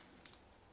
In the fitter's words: Your bushing will lock into place with the plunger, and then you can disengage your safety,